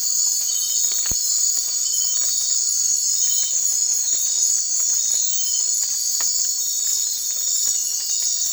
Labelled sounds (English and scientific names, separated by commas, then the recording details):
none
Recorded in secondary vegetation near Puerto Asís, Putumayo, Colombia, on 12 March 2025 at 01:00
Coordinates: 0.499, -76.323
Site G094